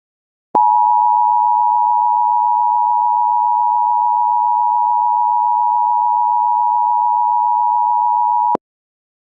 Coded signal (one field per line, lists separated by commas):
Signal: Emergency Alert System (SAME) tones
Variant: 853 and 960 Hz attention tone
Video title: Tornado watch (EAS)